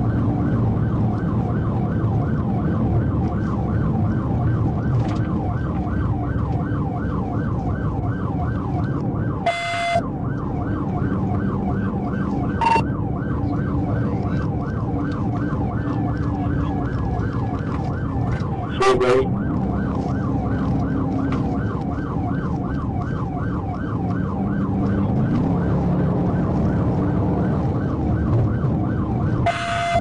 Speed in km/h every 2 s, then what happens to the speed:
145, 138, 127, 121, 121, 126, 127, 126, 118, 122, 121, 122, 135, 138, 135.
0-6 brakes to 121. 6-11 speeds up to 127. 21-25 speeds up to 138.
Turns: none.